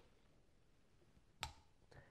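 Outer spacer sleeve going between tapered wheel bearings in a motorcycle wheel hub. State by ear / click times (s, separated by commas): partly seated / 1.4 s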